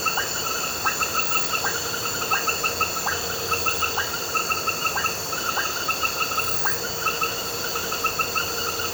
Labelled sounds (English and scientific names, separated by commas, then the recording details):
none
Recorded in pastures near Puerto Asís, Putumayo, Colombia, on 4 March 2025 at 21:00
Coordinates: 0.466, -76.322
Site CSA-02